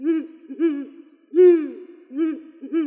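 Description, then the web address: Ural owl giving a run of short, hoarse, barking notes, five in about three seconds, the middle one longest and loudest. Slovenia. "Strix uralensis"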